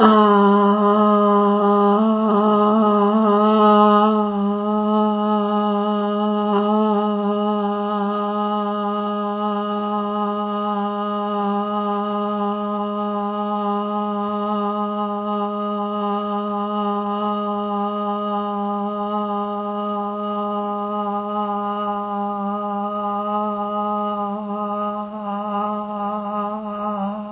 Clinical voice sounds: sustained vowel /a/; female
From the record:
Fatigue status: fatigue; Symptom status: symptomatic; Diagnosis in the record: COVID-19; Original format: 3gp

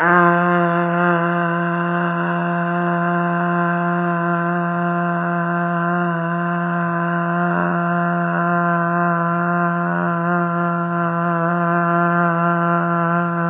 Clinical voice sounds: sustained vowel /a/; female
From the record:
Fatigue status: no fatigue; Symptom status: symptomatic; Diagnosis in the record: COVID-19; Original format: 3gp

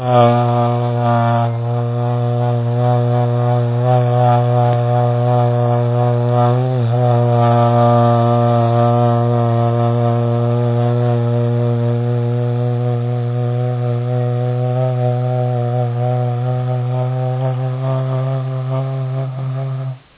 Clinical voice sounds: sustained vowel /a/; male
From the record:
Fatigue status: no fatigue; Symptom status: asymptomatic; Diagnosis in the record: COVID-19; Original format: 3gp

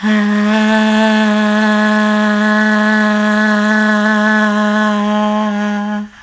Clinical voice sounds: sustained vowel /a/; female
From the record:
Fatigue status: no fatigue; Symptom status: asymptomatic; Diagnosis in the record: COVID-19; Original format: m4a

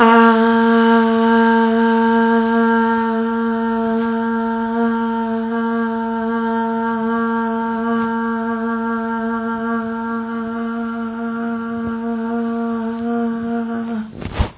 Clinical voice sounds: sustained vowel /a/; female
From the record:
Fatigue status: fatigue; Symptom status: symptomatic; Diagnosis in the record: COVID-19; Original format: 3gp

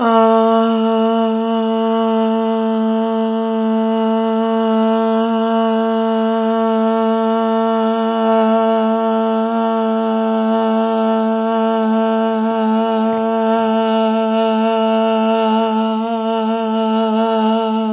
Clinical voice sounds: sustained vowel /a/; female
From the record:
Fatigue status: fatigue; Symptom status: symptomatic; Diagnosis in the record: COVID-19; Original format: 3gp

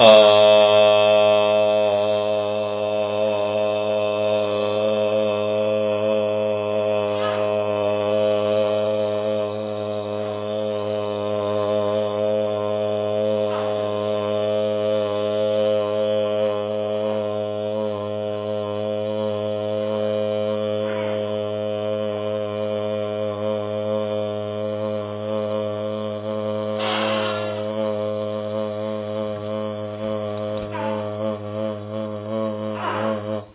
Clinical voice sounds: sustained vowel /a/; male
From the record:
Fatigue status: no fatigue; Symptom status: asymptomatic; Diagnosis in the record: COVID-19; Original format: 3gp

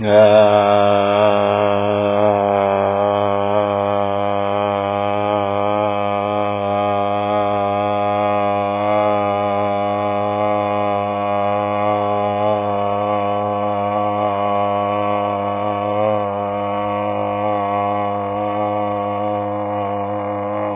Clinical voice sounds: sustained vowel /a/; male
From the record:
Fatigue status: no fatigue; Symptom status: asymptomatic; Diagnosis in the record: COVID-19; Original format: 3gp

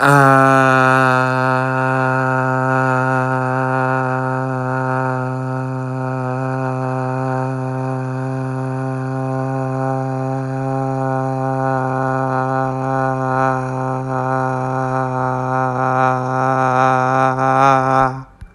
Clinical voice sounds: sustained vowel /a/; male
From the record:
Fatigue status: no fatigue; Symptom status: asymptomatic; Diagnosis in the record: COVID-19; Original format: m4a

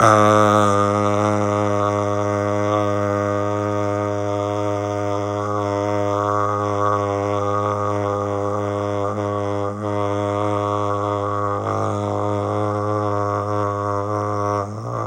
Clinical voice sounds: sustained vowel /a/; male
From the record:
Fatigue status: fatigue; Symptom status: symptomatic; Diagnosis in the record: COVID-19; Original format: m4a

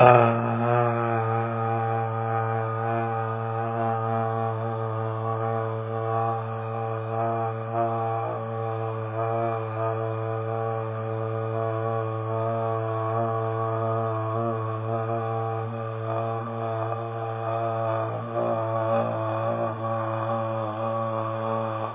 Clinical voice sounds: sustained vowel /a/; male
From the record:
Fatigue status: no fatigue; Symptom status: asymptomatic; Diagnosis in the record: COVID-19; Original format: 3gp

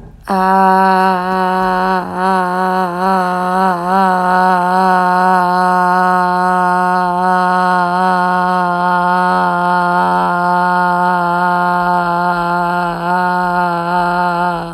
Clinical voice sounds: sustained vowel /a/; female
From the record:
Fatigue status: fatigue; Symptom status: symptomatic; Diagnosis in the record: COVID-19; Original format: m4a

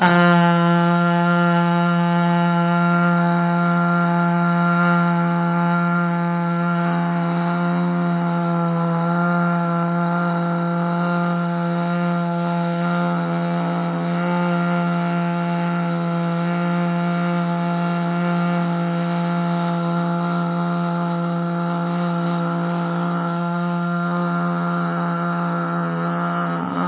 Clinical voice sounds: sustained vowel /a/; female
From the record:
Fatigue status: no fatigue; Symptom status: symptomatic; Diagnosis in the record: COVID-19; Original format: 3gp

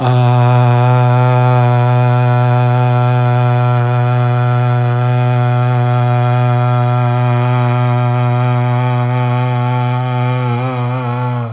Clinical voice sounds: sustained vowel /a/; male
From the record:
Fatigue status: no fatigue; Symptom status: asymptomatic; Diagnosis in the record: COVID-19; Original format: m4a

